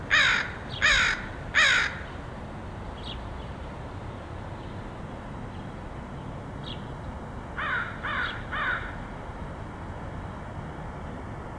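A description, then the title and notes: A crow gives three loud, harsh caws in quick succession at the start, then answers with a fainter set of three around eight seconds. A few soft calls fall between, over a steady low outdoor hum. Crows of Portland. Crows recorded by Dan Bodah in Portland, OR.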